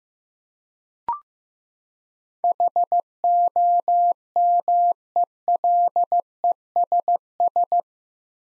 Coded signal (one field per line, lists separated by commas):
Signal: Morse code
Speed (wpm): 15 wpm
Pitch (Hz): 700 Hz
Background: none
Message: HOMELESS